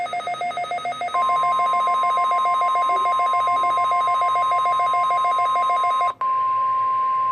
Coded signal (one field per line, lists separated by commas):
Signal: Emergency Alert System (SAME) tones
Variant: 1050 Hz attention tone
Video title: Required Weekly Test on the Midland WR-300 [KDO94] - 05/20/2020 (EAS #359)